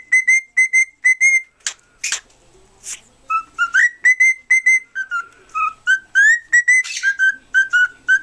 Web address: birds cockatiel Cockatiel. sings